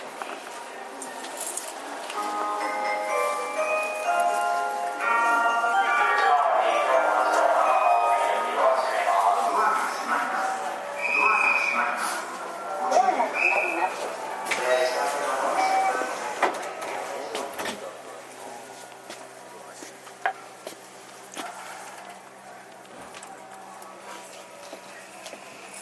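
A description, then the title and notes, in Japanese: A JR 323 series train, with layered whining tones that climb and shift through the first ten seconds, joined by voice-like sounds. The sound is loudest between about 5 and 15 seconds, then eases into a thinner, steady hum with scattered clicks. JR323系 桃谷→桃谷。朝早くに乗車して録音しましたが、そこそこ乗客がおり、少し声が聞こえます。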